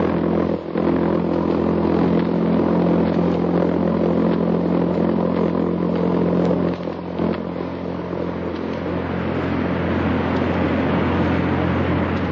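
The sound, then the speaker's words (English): A loud, steady engine drone of a jet-propelled buzz bomb, Hitler's weapon of vengeance used against Europe, which carries tons of dynamite across the Channel: a harsh pulsing buzz with a low rumbling hum that holds constant for over twelve seconds, slightly shifting in tone near the end. “It's the sound made by the jet-propelled buzz bomb, Hitler's weapon of vengeance.”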